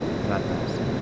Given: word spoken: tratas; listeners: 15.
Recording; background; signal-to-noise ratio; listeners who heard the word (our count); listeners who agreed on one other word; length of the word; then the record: one Spanish word in noise, from a listening test; speech-shaped noise; -5.2 dB; 0 of 15; 8 of 15; 0.61 s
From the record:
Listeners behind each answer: 8, 2, 1, 1, 1, 1, 1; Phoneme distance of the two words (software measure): 17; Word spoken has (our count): 2 syllables, 6 phonemes, stress on syllable 1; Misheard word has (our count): 2 syllables, 5 phonemes, stress on syllable 1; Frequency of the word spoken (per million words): 1.09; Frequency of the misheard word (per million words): 9.47